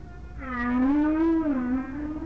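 Whale moan, a single rich harmonic call that wavers gently up and down for about two seconds.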